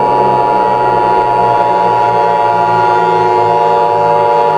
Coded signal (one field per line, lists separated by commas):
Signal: Emergency Alert System (SAME) tones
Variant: 853 and 960 Hz attention tone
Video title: Gigan (A EAS Long Scenario)